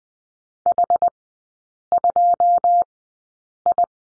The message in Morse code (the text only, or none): H2I